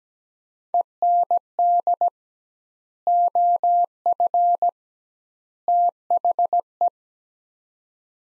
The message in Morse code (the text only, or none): END OF THE